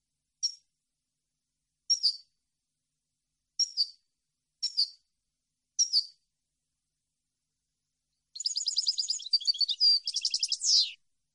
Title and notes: Cd Jilguero. Cd de canto de jilguero limpio para copia